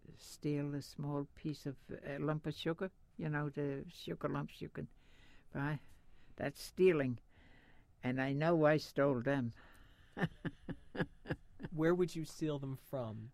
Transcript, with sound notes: steal a small piece of, a lump of sugar, you know, the sugar lumps you could by, that's stealing. And I know I stole them. (she laughs)
Where would you steal them from?